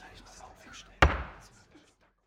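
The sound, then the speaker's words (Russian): A single sharp blow as Dumbledore strikes a lectern with a dark staff held in his left hand cracks out over a low murmur of voices in a hall, ringing briefly before fading into near silence. “Негромкий резкий удар, одиночный короткий звук каким-то образом погрузил в тишину весь зал и заставил Гарри резко повернуть голову и посмотреть вверх.”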